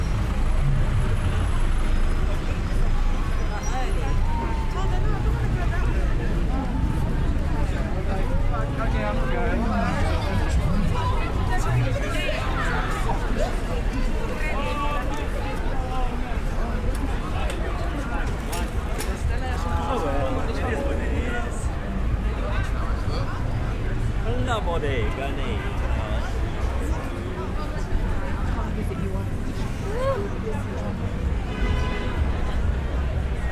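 Saturday-night crowds fill Soho's streets with a steady, dense babble of overlapping voices, occasional louder calls, and a constant low traffic rumble underneath.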